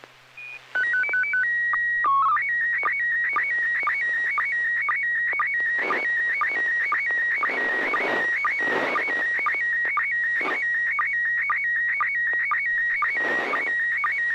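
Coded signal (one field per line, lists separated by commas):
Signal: SSTV (slow-scan television)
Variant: PD 120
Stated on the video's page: SSTV net images sent with MMSSTV over an FM repeater on 441.300 MHz in Sacramento, California.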